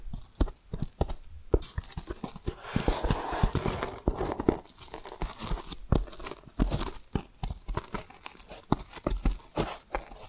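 Tapping and scratching in a dense, irregular stream of sharp clicks and crisp scrapes, several per second across the whole ten seconds. Bright, papery crinkling and tearing textures fill the gaps, with a slightly busier, louder stretch around two to four seconds.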